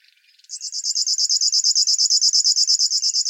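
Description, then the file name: River warbler starting its song with a few soft, quiet notes, then launching into a loud, rapid, mechanical pulsed buzz that keeps going to the end. "Schlagschwirl - Locustella fluviatilis"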